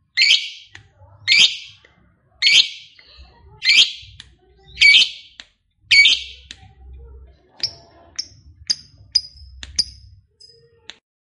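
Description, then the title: Lovebird calling with loud harsh chirps spaced about a second apart, followed by several thin, high squeaky notes. Lovebird said to be lazy to sing, becoming eager and singing spontaneously, immediately 'narik' (long continuous song). "LOVEBIRD Malas Bunyi JADI GREGET SPONTAN Langsung NARIK"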